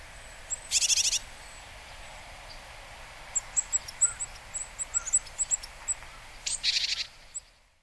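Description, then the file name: Japanese tit giving two harsh, buzzy pulsed calls near the start and end, with a run of thin, high, short notes between them and a faint hiss behind. Recorded in Hyogo, Japan, in August. "sijuukara 6 0803 hyogo kaji"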